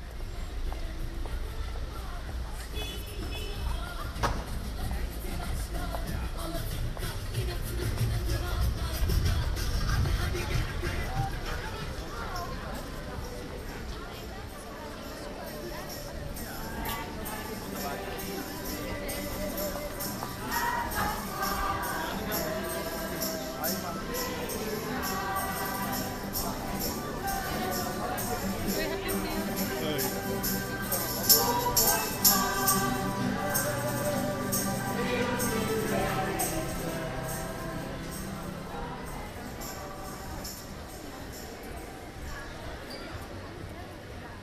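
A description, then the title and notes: Walking through the city, with voices talking over a steady street murmur. A low rumble swells in the first fifteen seconds like a passing vehicle, and from about twenty seconds, clear speech and brief bright clinks and taps come and go. A walk through the city - part 1 The Hague. Recordings made with a Zoom H2 with extra SP-TFB-2 binaural microphones. It's all in the city of The Hague, the Netherlands.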